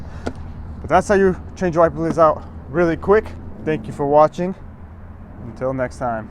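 A second wiper blade clip is pushed onto the wiper arm hook and clicks on at 0.3 s with a sharp, brief snap, seating the blade. Someone then talks over a steady low hum for the rest of the clip.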